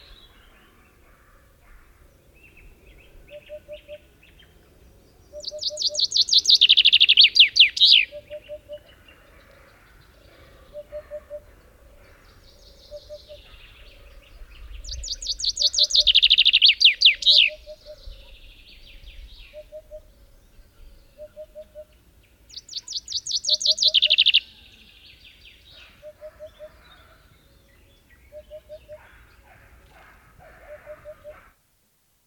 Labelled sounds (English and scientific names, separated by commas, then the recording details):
Eurasian Hoopoe (Upupa epops) song, Common Chaffinch (Fringilla coelebs) song
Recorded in the wild
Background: Fringilla coelebs
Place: Tulcea, M?cin-Gebirge, Dobrogea, DE
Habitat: mountains
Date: 1973-05-10
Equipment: Nagra III BH, Sennheiser MD 21, parabola
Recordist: Schubert, Michael
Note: Gesang Buchfink, Rufe Wiedehopf